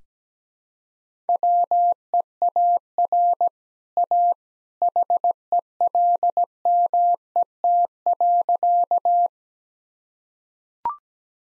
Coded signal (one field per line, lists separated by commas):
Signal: Morse code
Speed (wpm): 17 wpm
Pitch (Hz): 700 Hz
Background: none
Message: WEAR A HELMET.